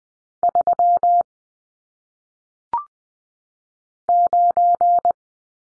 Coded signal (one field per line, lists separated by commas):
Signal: Morse code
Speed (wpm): 20 wpm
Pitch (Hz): 700 Hz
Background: none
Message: 3 9